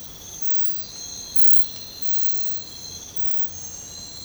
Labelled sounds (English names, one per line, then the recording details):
none
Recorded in secondary vegetation near Puerto Asís, Putumayo, Colombia, on 22 December 2024 at 04:30
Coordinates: 0.499, -76.323
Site G010